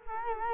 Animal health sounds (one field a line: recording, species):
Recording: mosquito wingbeat signal from an infrared sensor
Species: Culex quinquefasciatus